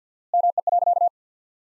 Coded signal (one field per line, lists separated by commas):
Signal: Morse code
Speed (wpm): 50 wpm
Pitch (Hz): 700 Hz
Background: none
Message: ME.